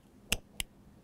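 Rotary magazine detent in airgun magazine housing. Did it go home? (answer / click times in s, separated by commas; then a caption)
yes / 0.3 s, 0.6 s. An Umarex Notos rotary pellet magazine is turned in its airgun magazine housing after its set screw has been adjusted. Two short, sharp clicks come at 0.3 s and 0.6 s as the rotor detent engages. The magazine is locked in place.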